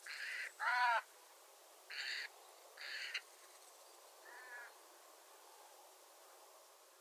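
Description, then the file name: Eurasian jay giving a series of short, harsh rasping calls, five bursts over about five seconds, the last one softer, against quiet background hiss. "Garrulus glandarius"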